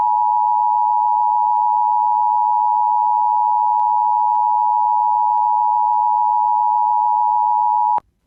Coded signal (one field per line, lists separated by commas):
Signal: Emergency Alert System (SAME) tones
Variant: 853 and 960 Hz attention tone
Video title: EAS Alerts from WDFA (EAS #160-165)